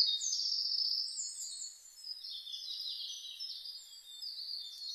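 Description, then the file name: Bird song: a flowing, high-pitched stream of chirps and twitters, softening briefly midway before going on. Birdsong (saezuri) recorded on 1 May 2005. "050501 saezuri"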